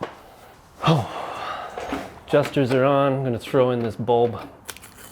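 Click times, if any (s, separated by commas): 4.7 s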